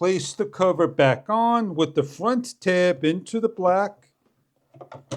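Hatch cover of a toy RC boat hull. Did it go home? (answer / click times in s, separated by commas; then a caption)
no / none. Someone talks while the plastic hatch cover of a SYMA Q14 Firefighter toy RC boat hull is being put back on, its front tab going toward the black tab. The clip ends before the cover goes home; nothing has seated or clicked yet.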